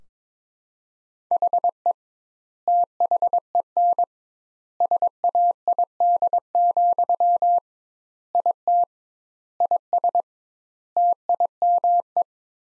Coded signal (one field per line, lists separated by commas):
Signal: Morse code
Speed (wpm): 22 wpm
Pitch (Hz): 700 Hz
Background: none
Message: HE THEN SAID, IT IS TIME